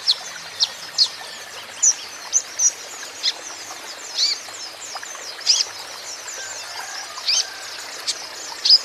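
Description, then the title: Van Hasselt's sunbird singing an irregular series of high, sharp chips and thin slurred notes over soft hiss. Young green-plumaged (konin ijoan) caged bird in energetic (gacor) song, used as a lure and therapy so untrained young (konin) birds surely answer. "KOLIBRI NINJA KONIN IJOAN GACOR COCOK UNTUK PANCINGAN TERAPI KONIN BAHAN PASTI NYAUT"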